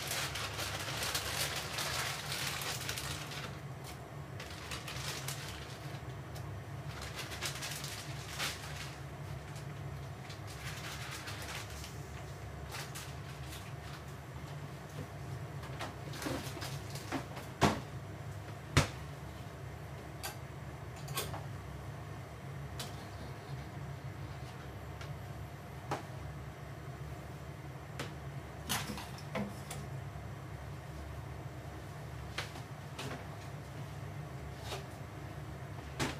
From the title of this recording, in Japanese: 料理の音